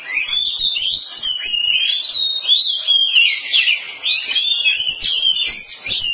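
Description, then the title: Oriental magpie-robin song: continuous bright whistled warbling, rapidly rising and falling, loud and unbroken for the whole stretch. Long-duration song. "Kacer Durasi Panjang"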